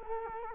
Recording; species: mosquito wingbeat signal from an infrared sensor; Culex quinquefasciatus